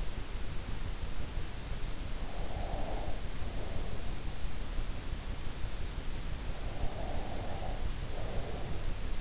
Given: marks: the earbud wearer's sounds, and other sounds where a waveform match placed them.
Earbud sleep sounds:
sounds in sleep by an in-ear microphone; breath
2.23-3.83 s: breath
6.68-9.21 s: breath

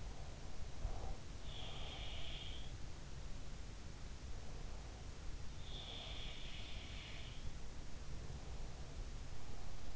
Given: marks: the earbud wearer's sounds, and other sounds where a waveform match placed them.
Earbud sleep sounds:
sounds in sleep by an in-ear microphone; breath
0.00-1.17 s: breath
1.28-2.76 s: sound from someone else or the room
5.57-7.63 s: sound from someone else or the room

